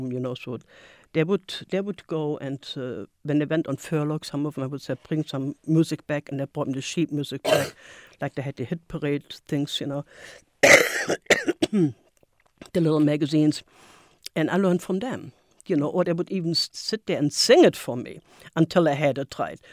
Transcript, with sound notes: You know, so they would — they would go and when they went on furlough some of them would bring some music back. And they brought me the sheet music, like they had the Hit Parade things, you know, [coughs] the little magazines. And I learned from them. You know, or they would even sit there and sing it for me until I had it right.